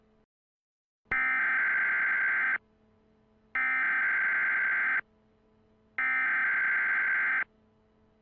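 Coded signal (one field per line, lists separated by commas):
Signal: Emergency Alert System (SAME) tones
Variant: header bursts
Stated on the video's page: Fictional EAS scenario, simulated alert about a Cascadia Subduction Zone earthquake.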